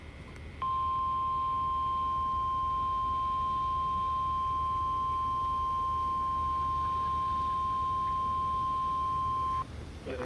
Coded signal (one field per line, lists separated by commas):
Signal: Emergency Alert System (SAME) tones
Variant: 1050 Hz attention tone